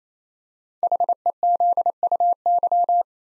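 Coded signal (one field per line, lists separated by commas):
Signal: Morse code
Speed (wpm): 27 wpm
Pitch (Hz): 700 Hz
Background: none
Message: HEZUY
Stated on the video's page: Morse code practice drill of five-letter code groups at 28 wpm, each group sent, spoken, then sent again.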